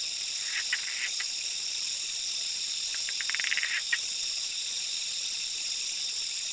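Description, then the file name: Zoque treefrog call: short bursts of rapid clicking pulses around one second and from three to four seconds, over a steady, loud high-pitched insect chorus. "Quilticohyla zoque"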